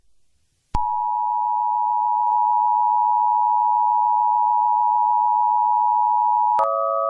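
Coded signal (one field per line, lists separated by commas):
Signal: Emergency Alert System (SAME) tones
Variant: 853 and 960 Hz attention tone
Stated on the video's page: Fictional EAS scenario, a cleaner remake of an earlier version.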